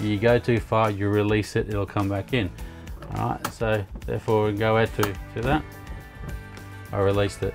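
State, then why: Not seated. Someone talks while the window of an MDC XT17T offroad caravan is pushed outward on its window stay, which has three position stops. Nothing has clicked into a stop yet.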